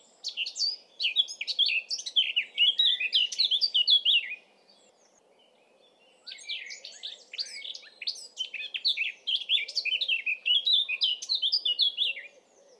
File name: Sylvia atricapilla